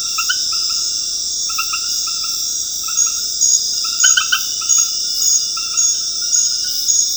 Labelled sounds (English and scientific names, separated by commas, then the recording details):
none
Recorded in dense forest near Puerto Asís, Putumayo, Colombia, on 19 February 2024 at 22:30
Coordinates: 0.485, -76.325
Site G6429